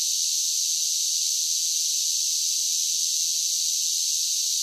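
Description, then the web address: Cicadas producing an unbroken high, sizzling buzz at a steady volume, the only sound heard. "Blast Wave Update 2 Insect Cicadas"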